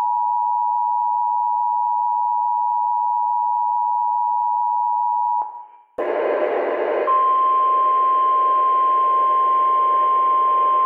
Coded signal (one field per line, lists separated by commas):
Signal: Emergency Alert System (SAME) tones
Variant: 853 and 960 Hz attention tone